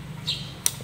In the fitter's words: klik. Nah, habis